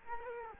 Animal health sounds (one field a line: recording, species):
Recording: mosquito wingbeat signal from an infrared sensor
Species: Culex quinquefasciatus